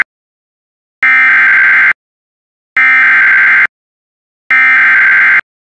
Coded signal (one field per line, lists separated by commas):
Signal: Emergency Alert System (SAME) tones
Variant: header bursts